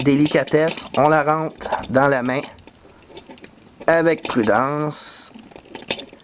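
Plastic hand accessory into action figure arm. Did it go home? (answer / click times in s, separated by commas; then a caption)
yes / 5.9 s. A plastic hand accessory is carefully twisted into an action figure's arm while someone talks. Small plastic ticks and scrapes follow, and the hand clicks into position at 5.9 seconds, seated.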